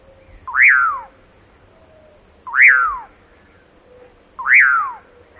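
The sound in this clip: Common Pauraque giving loud, slurred whistled calls that rise sharply then fall, repeated about every two seconds, three calls in all, with a faint steady high tone behind.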